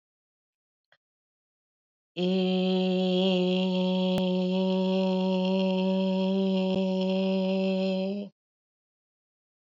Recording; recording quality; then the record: sustained vowel as in made; excellent, no background noise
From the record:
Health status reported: COVID-19 positive, moderate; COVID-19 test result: positive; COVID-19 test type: RT-PCR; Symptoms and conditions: cough, cold, sore throat, fatigue, muscle pain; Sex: female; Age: 46 years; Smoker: no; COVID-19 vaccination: both doses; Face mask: worn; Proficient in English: yes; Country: India